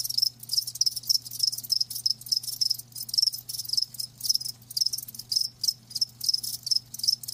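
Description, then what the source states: Cricket chirps in short, rapid pulsing bursts, shrill and high, with a soft low hum underneath. Live crickets chirping, a lulling song.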